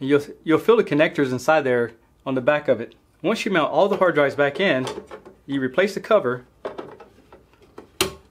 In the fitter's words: die abdecken und wieder einrasten lassen und